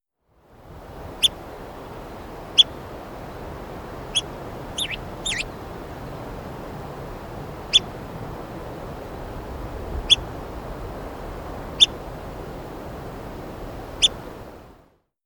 Hammond's Flycatcher call recorded at the Peregrine Campsite in Rocky Mountain National Park.